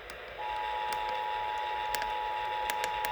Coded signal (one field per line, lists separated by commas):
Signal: Emergency Alert System (SAME) tones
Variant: 853 and 960 Hz attention tone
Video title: EAS Warning Alert | WBAP Severe Thunderstorm Warning